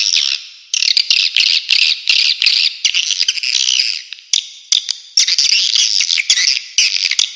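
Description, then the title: Swiftlet chirping calls, dense high twittering bursts separated by brief gaps, with scattered clicks. Clean, clear calls. "Suara Walet Original Bersih Plus Jernih"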